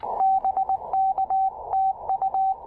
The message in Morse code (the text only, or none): BK TU